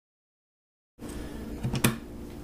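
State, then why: Seated. A hard drive tray or cover is pushed back into a Unifi Protect Cloud Key Gen2 Plus network video recorder unit and snaps into place. After about a second of silence there is a light scrape, then a small click at 1.8 s and a sharper, louder click at 1.9 s as it seats.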